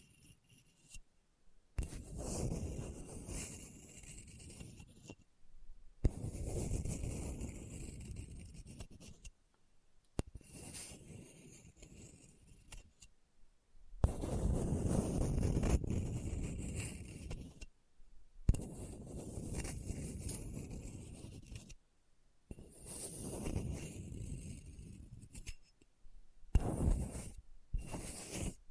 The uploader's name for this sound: Hard and Bumpy Surface Scratching